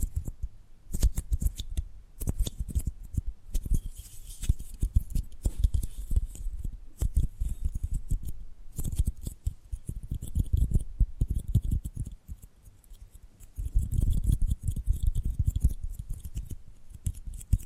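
Tapping and gripping sounds come in dense, irregular bursts of short clicks and dull knocks, mostly low and thumpy with some sharp snips on top. Activity stays busy throughout, easing into a brief quieter gap near twelve seconds before picking up again.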